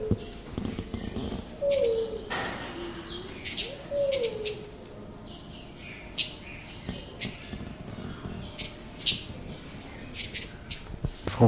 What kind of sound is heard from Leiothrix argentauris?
call